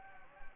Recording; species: mosquito wingbeat signal from an infrared sensor; Anopheles gambiae